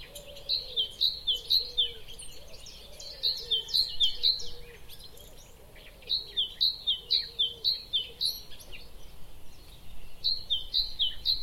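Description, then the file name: Great tit repeating a ringing two-note phrase in several fast bursts separated by brief gaps, with a softer low warbling sound underneath early on. "Parus major"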